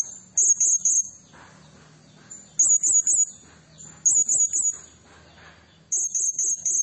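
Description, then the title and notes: Blue-crowned hanging parrot song: high, shrill phrases of three or four rapid notes, repeated several times. Serindit lure and training recording used to tutor and attract other birds; energetic 'gacor' singing in the 'nembak' style. "Burung Serindit Nembak Gacor Bikin Emosi Semua Burung. Suara Nasteran Dan Pemikat Burung Serinditan Gacor"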